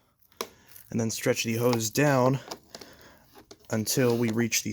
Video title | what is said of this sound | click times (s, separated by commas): Bissell PowerForce Helix Turbo Rewind Pet (1797) Unboxing, Assembly, & Usage Tutorial | Then we're going to take our hose, stretch it up until we click it into the hose clip, | 0.4 s